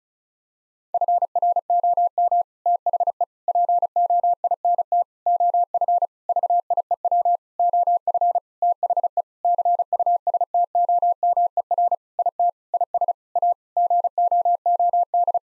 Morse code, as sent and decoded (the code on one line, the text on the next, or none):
..-. .-. --- -- / - .... . / .--. --- .. -. - / --- ..-. / ...- .. . .-- / --- ..-. / - .... . / -.-. ..- ... - --- -- . .-. / .. - / .. ... / .- / --. --- --- -..
FROM THE POINT OF VIEW OF THE CUSTOMER IT IS A GOOD